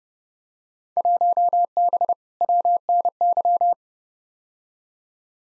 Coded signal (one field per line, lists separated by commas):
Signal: Morse code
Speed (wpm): 30 wpm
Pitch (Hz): 700 Hz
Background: none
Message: 1B WNY